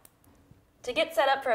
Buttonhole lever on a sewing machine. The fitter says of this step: piece right here and you want to be super duper sure that you pull it all the way down it kind of snaps down at the end